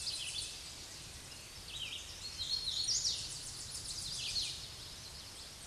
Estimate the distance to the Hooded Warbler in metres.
about 35 m